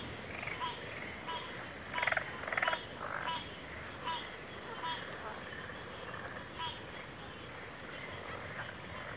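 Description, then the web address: Cricket chorus holds a continuous high whine; frogs croak at uneven intervals, with a couple of louder rattling bursts near the start. Cricket chorus in a backwater. "WLL Grade 1-12 Pre-Uni Library Enter Natures Songs Sleep Sounds of Nature CRICKETS Backwater Chorus"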